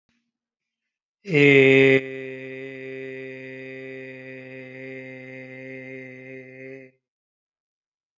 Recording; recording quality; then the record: sustained vowel as in made; excellent, no background noise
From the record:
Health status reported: healthy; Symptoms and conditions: diabetes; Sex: male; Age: 54 years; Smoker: not ticked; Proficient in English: yes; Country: India